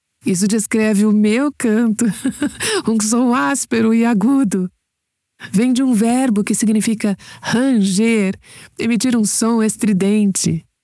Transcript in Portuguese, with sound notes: Isso descreve o meu canto! (risos) Um som áspero ou agudo. Vem de um verbo que significa “ranger, emitir um som estridente”.